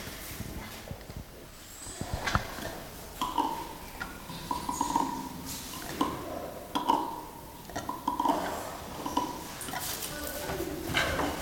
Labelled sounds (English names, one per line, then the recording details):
Northern Plains Gray Langur
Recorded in captivity
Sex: male
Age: adult
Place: Zoo Dresden, Sachsen, DE
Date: 1997-02-14 15:50
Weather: heiter bis wolkig, 5 bis 7°C
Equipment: Nagra SN, Kopie Uher 4000 Report Monitor
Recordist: Tembrock, Günter